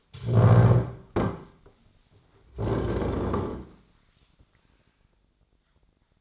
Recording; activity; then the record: daily activity, microphone in the room; stand up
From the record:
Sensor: 3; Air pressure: 1009.3 hPa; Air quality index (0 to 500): 181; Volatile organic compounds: 3 ppm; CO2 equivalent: 1463 ppm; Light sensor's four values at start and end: 53/136/60/61 and 41/95/44/50